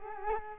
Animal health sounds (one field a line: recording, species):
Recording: mosquito wingbeat signal from an infrared sensor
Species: Culex quinquefasciatus